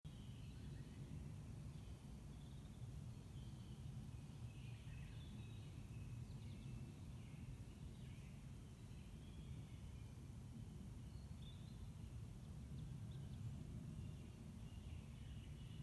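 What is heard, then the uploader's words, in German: An evening walk in the woods: a steady low rumble, like traffic or wind, fills the whole stretch. Faint, scattered chirps of birds flicker high above it throughout, soft against the constant background. Abendspaziergang im Wald.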